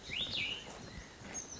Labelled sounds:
Oak Titmouse (Baeolophus inornatus)
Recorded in Sonoma County, California

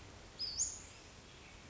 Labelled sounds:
Western Flycatcher (Empidonax difficilis)
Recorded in Sonoma County, California

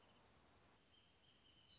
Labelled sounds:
Wrentit (Chamaea fasciata)
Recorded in Sonoma County, California

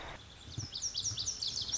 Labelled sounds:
Lazuli Bunting (Passerina amoena)
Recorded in Sonoma County, California

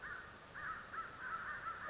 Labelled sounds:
American Crow (Corvus brachyrhynchos)
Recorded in Sonoma County, California

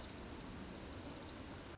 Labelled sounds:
Orange-crowned Warbler (Leiothlypis celata)
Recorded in Sonoma County, California

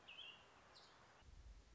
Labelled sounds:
American Robin (Turdus migratorius)
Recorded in Sonoma County, California

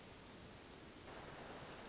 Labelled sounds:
Hermit Thrush (Catharus guttatus)
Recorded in Sonoma County, California

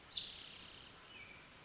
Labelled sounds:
Spotted Towhee (Pipilo maculatus)
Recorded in Sonoma County, California

